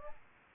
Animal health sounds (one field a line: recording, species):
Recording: mosquito wingbeat signal from an infrared sensor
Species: Aedes albopictus